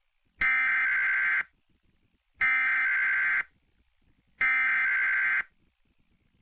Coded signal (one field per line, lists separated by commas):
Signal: Emergency Alert System (SAME) tones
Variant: header bursts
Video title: 1-11-19 Winter Storm Warning (EAS #284)